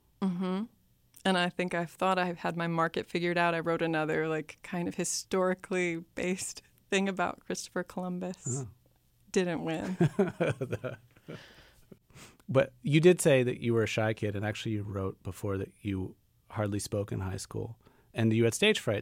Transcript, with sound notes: And I think I thought I'd had my market figured out. I wrote another, like, kind of historically based thing about Christopher Columbus - didn't win.
(Laughter) But you did say that you were a shy kid and actually wrote before that you hardly spoke in high school and you had stage fright.